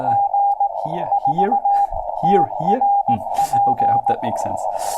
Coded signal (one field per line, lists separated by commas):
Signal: Morse code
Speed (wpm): 18 wpm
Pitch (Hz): 800 Hz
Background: speech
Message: G4TRP